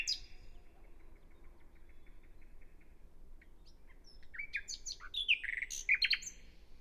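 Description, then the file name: Common nightingale song, quieter over a steady background hiss: soft clicking notes at first, then a sequence of varied chirps, whistles and harsh sweeps toward the end. "Luscinia megarhynchos"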